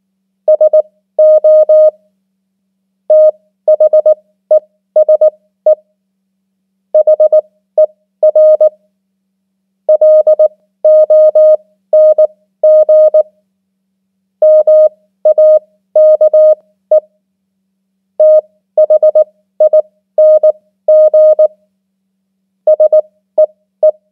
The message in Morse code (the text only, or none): SO THESE HER LONG MAKE THING SEE